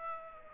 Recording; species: mosquito wingbeat signal from an infrared sensor; Aedes aegypti